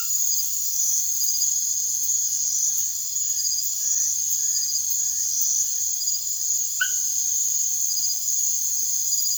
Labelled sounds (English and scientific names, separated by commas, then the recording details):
none
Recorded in secondary vegetation near Puerto Asís, Putumayo, Colombia, on 9 March 2025 at 03:00
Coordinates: 0.489, -76.322
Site G042